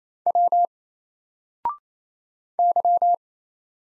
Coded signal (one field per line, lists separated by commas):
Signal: Morse code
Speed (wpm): 27 wpm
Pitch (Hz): 700 Hz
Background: none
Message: W Y